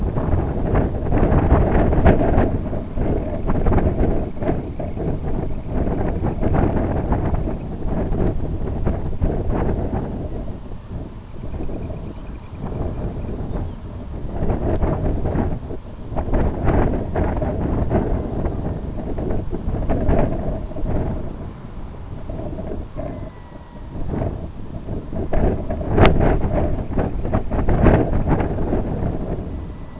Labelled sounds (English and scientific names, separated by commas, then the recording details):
Semipalmated Sandpiper (Calidris pusilla), Red Phalarope (Phalaropus fulicarius), unidentified sound, Red-throated Loon (Gavia stellata)
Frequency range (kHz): Semipalmated Sandpiper (Calidris pusilla) 1.7-3.1 kHz; Red Phalarope (Phalaropus fulicarius) 3.3-5.1 kHz; Red-throated Loon (Gavia stellata) 0.5-2.8 kHz
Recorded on Arctic tundra, site IGLO-B, on 27 June 2018
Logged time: 05:59